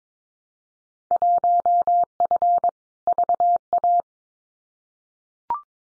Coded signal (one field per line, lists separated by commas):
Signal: Morse code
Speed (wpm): 22 wpm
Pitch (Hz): 700 Hz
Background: none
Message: 1F VA